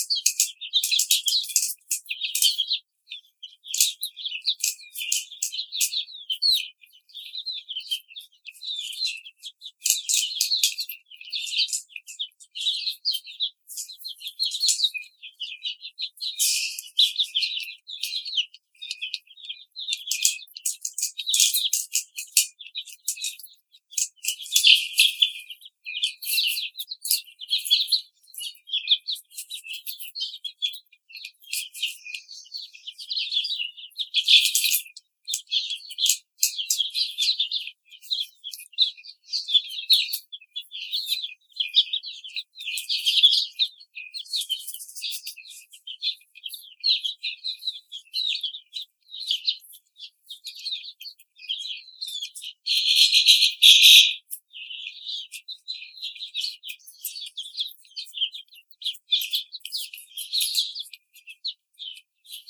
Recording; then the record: young laying hens in a cage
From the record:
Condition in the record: treatment cage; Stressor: simulated dog barking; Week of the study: 5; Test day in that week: 1